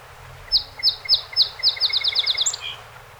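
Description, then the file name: Song sparrow song: a few spaced, clear introductory notes that quicken into a fast repeated trill, ending in a high note and a brief buzz. A set of 48 songs recorded on 7 June 2018. "2018-06-07 Song Sp 48 Songs"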